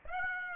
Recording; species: mosquito wingbeat signal from an infrared sensor; Aedes aegypti